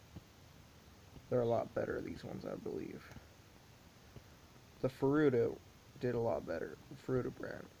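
A custom Mario Kart toy figure is handled near its kart or mount while someone talks. Nothing has snapped into place or clicked yet; the figure is not yet seated.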